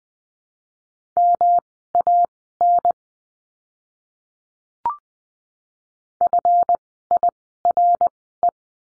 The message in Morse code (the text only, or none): MAN FIRE